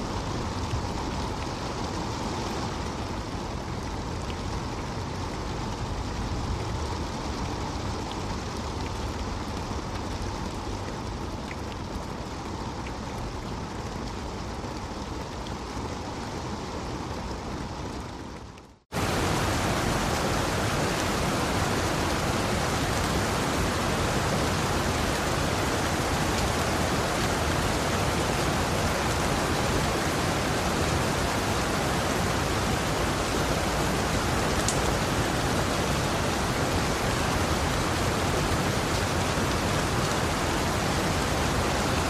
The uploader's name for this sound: Serene Rain Sounds